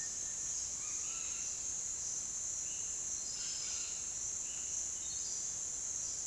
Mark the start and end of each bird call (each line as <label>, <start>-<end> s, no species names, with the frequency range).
bird call (1.1-6.3 kHz), 3.23-4.00 s
bird call (1.4-5.9 kHz), 4.40-5.48 s